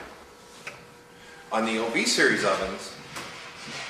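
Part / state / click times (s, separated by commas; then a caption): door locking pin on a countertop convection oven hinge / seated / 0.7 s. A metal door locking pin on the hinge of a Cadco OV-003 compact quarter-size countertop convection oven with manual controls (120) is pushed back into the upright position after the door is reinstalled. A light, sharp snap at 0.7 s marks the pin seating upright. Someone talks from about 1.5 s.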